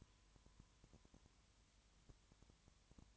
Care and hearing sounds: daily activity, microphone in the room; no activity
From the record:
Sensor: 3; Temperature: 21.1 degrees Celsius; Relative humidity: 37.0%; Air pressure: 1010.6 hPa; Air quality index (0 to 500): 204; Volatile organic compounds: 31 ppm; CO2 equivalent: 2979 ppm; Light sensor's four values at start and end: 2/3/2/2 and 2/3/2/2

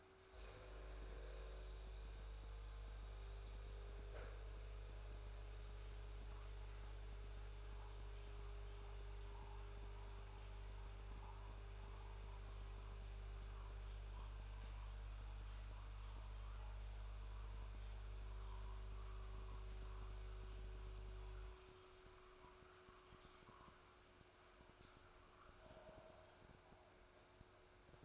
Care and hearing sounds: daily activity, microphone in the room; make coffee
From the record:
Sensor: 2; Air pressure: 1014.6 hPa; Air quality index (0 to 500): 187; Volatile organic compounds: 17 ppm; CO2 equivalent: 2569 ppm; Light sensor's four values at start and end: 4/10/4/4 and 4/10/4/4

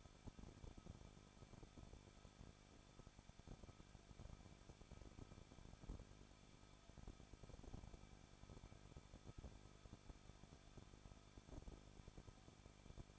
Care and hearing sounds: daily activity, microphone in the room; no activity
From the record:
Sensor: 5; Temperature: 20.7 degrees Celsius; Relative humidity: 38.6%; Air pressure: 1006.4 hPa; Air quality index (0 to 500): 192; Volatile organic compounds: 21 ppm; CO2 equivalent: 2715 ppm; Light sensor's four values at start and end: 2/3/1/1 and 2/3/1/1

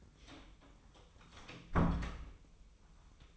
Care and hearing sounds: daily activity, microphone in the room; close door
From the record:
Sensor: 1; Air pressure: 1004.9 hPa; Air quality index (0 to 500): 77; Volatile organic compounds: 2 ppm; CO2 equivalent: 1025 ppm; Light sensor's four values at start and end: 10/23/9/10 and 9/23/9/10

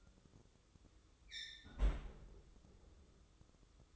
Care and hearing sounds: daily activity, microphone in the room; close fridge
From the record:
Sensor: 3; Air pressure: 995.2 hPa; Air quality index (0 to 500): 78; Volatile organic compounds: 6 ppm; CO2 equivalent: 1859 ppm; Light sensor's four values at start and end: 20/58/25/21 and 20/58/25/21

